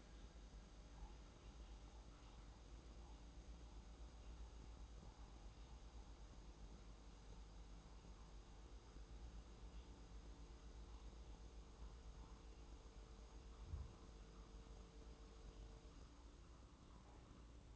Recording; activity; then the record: daily activity, microphone in the room; make coffee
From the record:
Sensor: 3